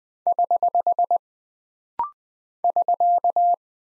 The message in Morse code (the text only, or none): <HH> <SK>